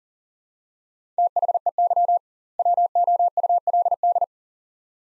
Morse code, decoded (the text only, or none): THEY WOULD